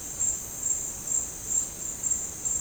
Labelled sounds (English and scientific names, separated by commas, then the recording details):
none
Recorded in dense forest near Puerto Asís, Putumayo, Colombia, on 13 March 2025 at 16:00
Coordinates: 0.467, -76.328
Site G041